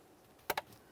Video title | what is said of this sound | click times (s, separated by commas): How to Replace Heater & AC Control 1999-2006 Chevrolet Silverado 1500 | press them in listen for a click give it a tug to make sure it's secured | 0.5 s